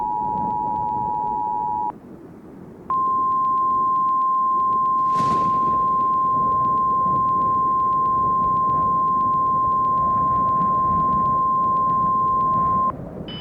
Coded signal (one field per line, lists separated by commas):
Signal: Emergency Alert System (SAME) tones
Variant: 853 and 960 Hz attention tone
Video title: The Squall From Hell | Upper Michigan (EAS Scenario)